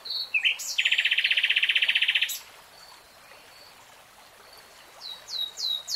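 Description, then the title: Nightingale song: a few short notes, then a rapid, loud, even rattle of about one and a half seconds, followed by quiet and a few repeated notes. "[Tiếng chim hót] REALTIME Nightingale Singing"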